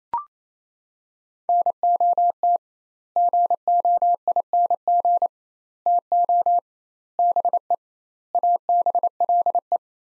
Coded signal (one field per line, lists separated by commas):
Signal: Morse code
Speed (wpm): 27 wpm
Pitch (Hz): 700 Hz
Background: none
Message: NOT GOING TO BE ABLE